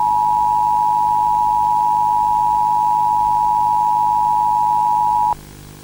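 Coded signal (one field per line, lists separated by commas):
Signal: Emergency Alert System (SAME) tones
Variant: 853 and 960 Hz attention tone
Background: music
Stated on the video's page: Fictional archival EAS alarm, presented as captured off television while flipping channels.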